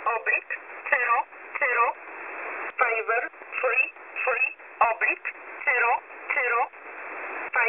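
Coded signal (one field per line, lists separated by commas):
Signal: numbers station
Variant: E11 Oblique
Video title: E11 Oblique 20/02/2023 0900 UTC 11092kHz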